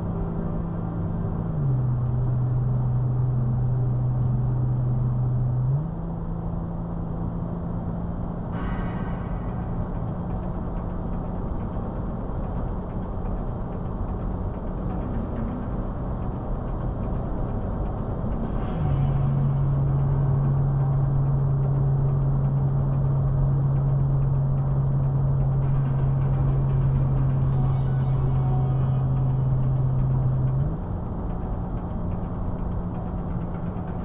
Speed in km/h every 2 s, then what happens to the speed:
92, 92, 92, 93, 95, 97, 100, 100, 103, 103, 105, 105, 103, 105, 98, 95, 95.
0-19 speeds up to 105. 19-26 steady at about 105. 26-34 slows to 95.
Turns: none.